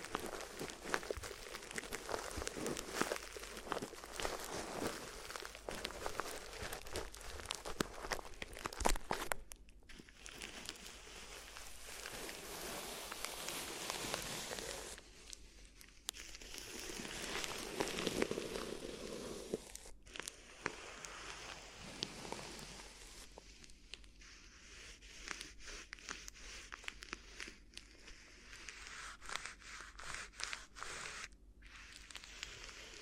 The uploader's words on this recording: ASMR Addictive Crinkly Ear Massage (No Talking).